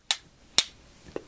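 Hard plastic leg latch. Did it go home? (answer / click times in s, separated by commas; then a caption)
yes / 0.1 s, 0.6 s. A tripod leg is folded back the reverse way into its locked position on the tripod body, giving two sharp, bright snap-like clicks at 0.1 s and 0.6 s, followed by a faint, duller tap at 1.2 s. The leg clicks into place and locks, and the tripod is judged pretty solid.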